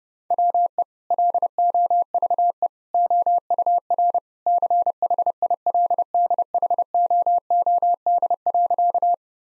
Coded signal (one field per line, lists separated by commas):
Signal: Morse code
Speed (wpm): 32 wpm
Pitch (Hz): 700 Hz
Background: none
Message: WE LOVE OUR CHILDHOOD.